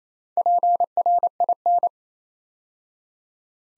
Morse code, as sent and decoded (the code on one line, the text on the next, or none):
.--. .-. .. -.
PRIN